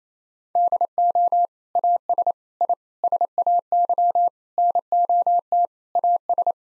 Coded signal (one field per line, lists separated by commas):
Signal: Morse code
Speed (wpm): 27 wpm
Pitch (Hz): 700 Hz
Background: none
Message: DO AS I SAY NOT AS